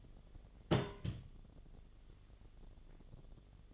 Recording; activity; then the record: daily activity, microphone in the room; place on stove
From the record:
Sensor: 4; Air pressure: 1010.9 hPa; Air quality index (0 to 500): 166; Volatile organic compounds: 4 ppm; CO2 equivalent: 1694 ppm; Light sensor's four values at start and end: 39/112/45/46 and 40/114/45/46